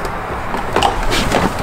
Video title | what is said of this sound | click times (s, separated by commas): CUSTOM GAUGE FACES - BMW E46 | once again, it kind of goes in and clicks into place and then you lock it down. | 0.8 s